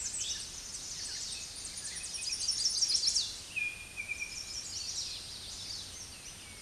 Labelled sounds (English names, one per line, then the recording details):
Chestnut-sided Warbler song
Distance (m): 35 m
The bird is about 5 m above the microphone
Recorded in a Pennsylvania forest on 16 May 2024 at 07:26
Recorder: AudioMoth, point MSD-2367
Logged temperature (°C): 16.0 °C
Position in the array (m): 170 m, 206 m